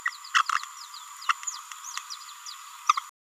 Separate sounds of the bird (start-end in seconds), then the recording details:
0.06-0.10, 0.34-0.42, 0.50-0.58, 1.29-1.32. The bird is a male. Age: 24 days. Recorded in a nest box in Venezuela. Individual 17B31A1